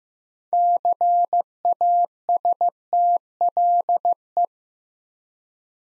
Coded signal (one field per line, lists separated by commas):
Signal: Morse code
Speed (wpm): 15 wpm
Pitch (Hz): 700 Hz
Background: none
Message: CASTLE